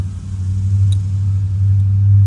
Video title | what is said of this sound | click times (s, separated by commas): 2019 - 2022 Silverado / Sierra Heated Steering Wheel, LIN BUS Retrofit | Push it all the way in until you hear it click. Give it a little tug. It should be in there good. | 0.9 s